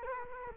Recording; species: mosquito wingbeat signal from an infrared sensor; Culex quinquefasciatus